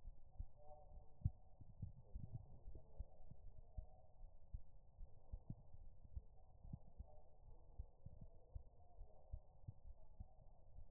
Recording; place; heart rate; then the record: heart sounds by stethoscope; pulmonary valve (PV); 73 bpm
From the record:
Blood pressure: 114/84 mmHg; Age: 31 years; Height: 150 cm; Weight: 67 kg